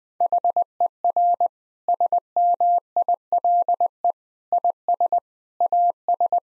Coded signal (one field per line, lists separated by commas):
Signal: Morse code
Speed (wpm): 20 wpm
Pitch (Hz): 700 Hz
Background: none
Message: HER SMILE IS AS